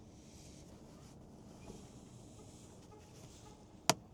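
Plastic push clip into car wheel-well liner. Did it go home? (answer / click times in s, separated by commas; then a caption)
yes / 3.9 s. A plastic push clip holding a BASENOR mud flap on a Tesla Model 3 is pressed by hand, with no tools, into the car's wheel-well liner over a low, steady background. At 3.9 s the clip gives a single sharp, bright snap as it seats fully in the liner.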